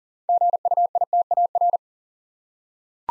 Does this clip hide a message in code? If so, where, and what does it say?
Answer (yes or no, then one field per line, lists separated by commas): yes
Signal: Morse code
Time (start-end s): 0.3-1.8 s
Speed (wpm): 42 wpm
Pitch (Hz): 700 Hz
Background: none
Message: GUITAR